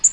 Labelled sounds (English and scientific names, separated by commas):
Black-throated Green Warbler (Setophaga virens) flight call